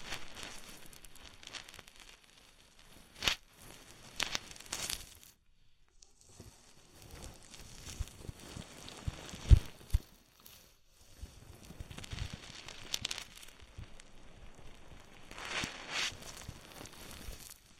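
Oily, foamy ear massage: soft crackling, fizzing and rubbing sounds come in dense, uneven bursts, with sharper swells around 3, 5, 13 and 16 seconds. A brief near-silence falls just after 5 seconds, and a faint steady high tone runs throughout.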